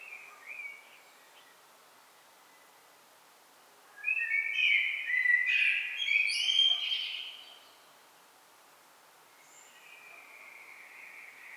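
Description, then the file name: Common blackbird gives one loud fluty phrase with a high scratchy ending, framed by fainter softer warbling notes before and after. "Turdus merula"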